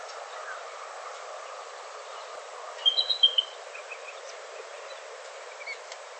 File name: Ryan P O Donnell - Belogolovyj orlan Haliaeetus leucocephalus (Zvyki com)